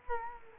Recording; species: mosquito wingbeat signal from an infrared sensor; Culex quinquefasciatus